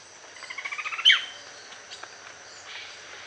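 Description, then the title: Greyish mourner call: a quick run of short whistled notes rising in pitch, ending in one loud sharp downslurred note. Nominate subspecies Rhytipterna simplex simplex, assigned from the recording location. "LuckyPassaro Completos2Sama. Greyish Mourner (Rhytipterna simplex simplex (ssp assumed from location))"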